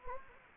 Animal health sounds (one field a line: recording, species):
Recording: mosquito wingbeat signal from an infrared sensor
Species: Anopheles gambiae